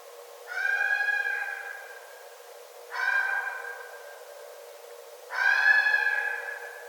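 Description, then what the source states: Red fox calling with three long, tonal, harmonic-rich cries, each fading out over about a second, spaced regularly about two and a half seconds apart. Recorded on 9 December 2011.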